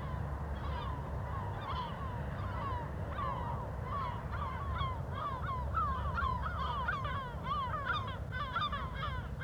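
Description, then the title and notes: Gulls starting with scattered mewing calls that build into a dense chorus of falling notes, over continuous low traffic noise. Gulls at a cliff edge above Puerto de Las Nieves harbour, Agaete, Gran Canaria, Spain; traffic and harbour activity below; recorded with DPA-2006c AB pair into SD MixPre-3. "GC-200, 35489 Agaete, Las Palmas, Espagne - Mouettes - Seagulls. Des mouettes en bord de falaise, en bas l'activité de Puerto de Las Nieves, et les voitures"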